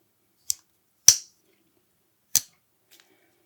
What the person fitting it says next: as you can hear it clicks in all three positions